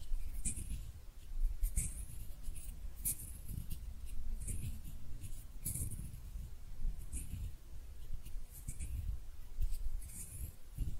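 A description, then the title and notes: Hands rub and brush together in soft repeated strokes, each pass bringing a bright hiss over a low, fluttering rumble, steady throughout. ASMR Relaxing Hand Sounds (No Talking).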